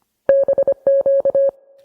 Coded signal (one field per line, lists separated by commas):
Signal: Morse code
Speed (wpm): 25 wpm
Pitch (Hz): 550 Hz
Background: none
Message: BQ